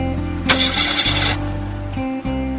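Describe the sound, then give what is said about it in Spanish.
A carpenter's old pickup truck refuses to start: its engine cranks and struggles, a low, uneven churning with a harsh burst of noise from the starter that sputters without catching, no voices. “Ahora su vieja camioneta se negaba a arrancar.”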